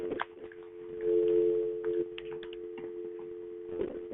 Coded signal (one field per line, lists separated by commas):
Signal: telephone call progress tone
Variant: North America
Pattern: dial tone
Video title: A tour of my broadcasting studio for baby monitor weather radio